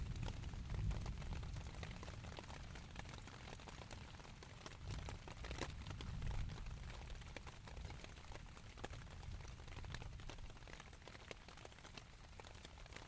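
Rain patters steadily on a tent in dense, crisp taps, over a low, rolling rumble that swells around two and six seconds.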